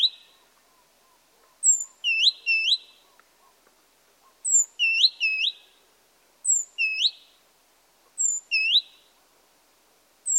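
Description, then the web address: Great tit calling in short bursts of high, sharply rising and falling notes, two or three per burst, repeated every two seconds or so against quiet background. "pub SETE data Parus major"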